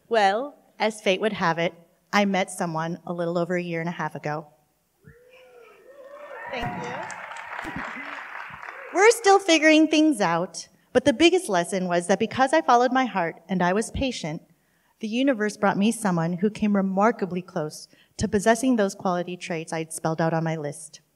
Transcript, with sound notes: Well, as fate would have it, I met someone a little over a year and a half ago. [applause] Thank you. We’re still figuring things out, but the biggest lesson was that because I followed my heart, and I was patient, the universe brought me someone who came remarkably close to possessing those quality traits I spelled out on my list.